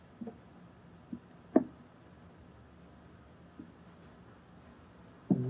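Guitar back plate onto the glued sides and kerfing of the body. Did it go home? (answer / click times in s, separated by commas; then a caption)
yes / 1.6 s. A wooden back plate, freshly coated with glue, is pressed down onto the glued sides and kerfing of a steel-string guitar body so its brace ends seat in their notches. Faint taps come at about 0.2 and 1.1 seconds, then a sharp click at 1.6 seconds as the back seats into place. A soft tick follows near 3.6 seconds and a duller thump near 5.3 seconds.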